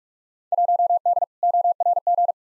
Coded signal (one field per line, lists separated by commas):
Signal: Morse code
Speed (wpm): 46 wpm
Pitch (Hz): 700 Hz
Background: none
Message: 1D ORG